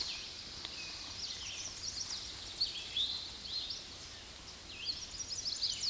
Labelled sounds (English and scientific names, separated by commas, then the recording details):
Red-eyed Vireo (Vireo olivaceus) song
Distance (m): 25 m
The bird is about 10 m above the microphone
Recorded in a Pennsylvania forest on 16 May 2024 at 06:36
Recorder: AudioMoth, point MSD-2377
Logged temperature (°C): 16.1 °C
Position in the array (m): 128 m, 175 m